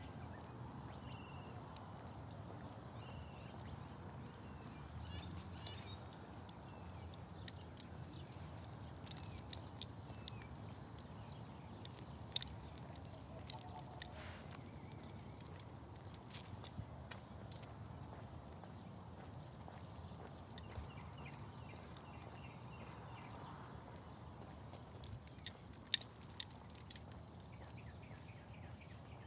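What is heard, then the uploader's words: Birds chirp in short, scattered calls over a steady low outdoor rumble, heard during a walk. Sharper clicks and knocks break through now and then, clustering around nine to thirteen seconds and again near twenty-six seconds. Birds chirping to welcome the day on a walk in Phoenix, Arizona. Just as the sun was cresting over the houses, I was out walking with the dog.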